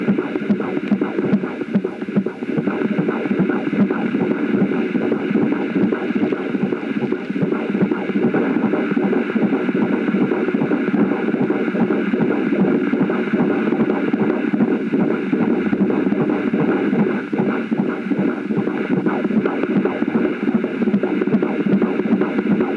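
An unborn baby's heartbeat, heard through the mother's abdomen.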